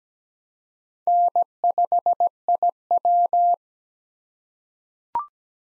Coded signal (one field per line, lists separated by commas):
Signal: Morse code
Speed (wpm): 17 wpm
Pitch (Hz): 700 Hz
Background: none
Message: N5IW